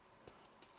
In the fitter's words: Et ça se clipse. Tac. Voilà.